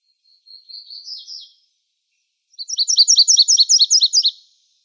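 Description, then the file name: Virginia's warbler singing: a soft, thin trailing twitter first, then after a pause a full song of several rapid, high, paired chip notes. Arizona, 30 April 2005. "VIWA 6 deviche"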